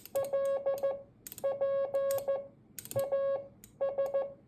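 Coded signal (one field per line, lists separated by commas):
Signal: Morse code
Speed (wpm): 14 wpm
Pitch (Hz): 550 Hz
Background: none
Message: LPAS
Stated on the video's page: Morse code practice for decoding by ear.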